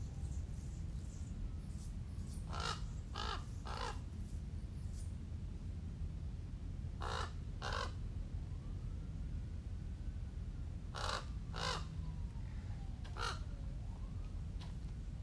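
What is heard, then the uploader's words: Crows caw in short groups of two or three harsh, bright calls, around the third, seventh to eighth, eleventh to twelfth and thirteenth seconds, as if answering one another. A steady low rumble fills the background throughout, with faint thin whistles drifting in between the calls. Crows (Ravens) Communicating.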